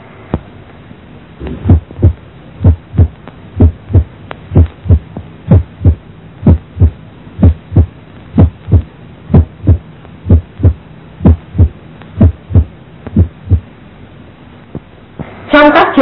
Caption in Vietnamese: Tiếng thứ nhất đanh là dấu hiệu thường gặp nhất trong hẹp van hai lá, nghe rõ ở mỏm tim. Đầu tiên là tiếng tim bình thường, sau đó là tiếng T1 mạnh và cuối cùng là T1 đanh.